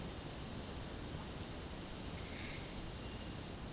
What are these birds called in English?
none